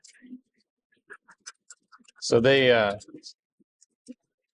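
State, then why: Seated. A spring-loaded latch on a fold-down table panel mounted on a Jeep's fender or tailgate is closed by hand. Someone talks briefly amid scattered light ticks and taps. The latch snaps shut and seats at 4.1 s.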